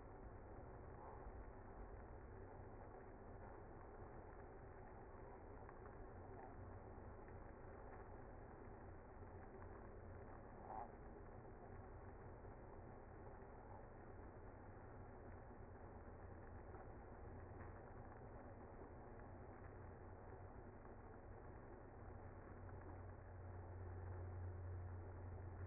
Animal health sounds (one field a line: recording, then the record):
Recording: honeybee colony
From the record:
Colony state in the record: active